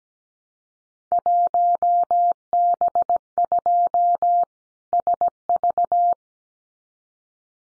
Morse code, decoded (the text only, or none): 1B2 SV